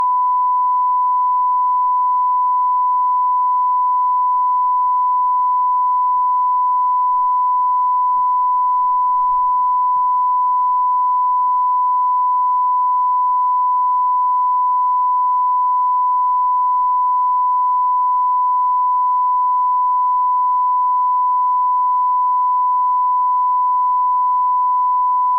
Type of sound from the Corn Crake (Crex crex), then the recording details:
song. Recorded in the wild. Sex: male. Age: adult. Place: Schwedt/Oder, Nationalpark Unteres Odertal, Brandenburg, DE. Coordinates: 53.04, 14.2932. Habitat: meadow. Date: 2021-06-10 23:33. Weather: 15°C, 80% humidity, almost windless. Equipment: Edirol R44, Microtech Gefell MK 250/MV220. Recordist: Frommolt, Karl-Heinz. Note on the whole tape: Polder B: calibrated recording of a corncrake. Distance 25.86 m estimated using a line array (recording